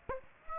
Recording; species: mosquito wingbeat signal from an infrared sensor; Aedes aegypti